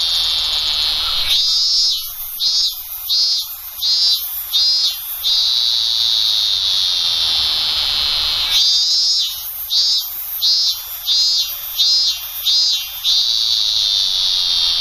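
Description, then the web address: Robust cicada song: shrill high drone broken into rhythmic pulsed phrases of several pulses, in two bouts separated by a steady buzzing stretch. "sikioto. minminzemi"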